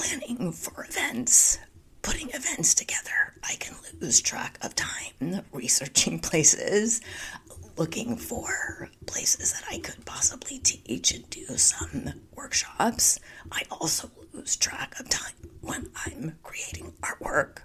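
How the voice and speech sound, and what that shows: Fluent but largely whispered, breathy speech with weak voicing from an adult woman: spasmodic dysphonia, a voice disorder of laryngeal spasms. She is working through the condition and trying to get back into the habit of not whispering.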